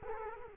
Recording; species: mosquito wingbeat signal from an infrared sensor; Culex quinquefasciatus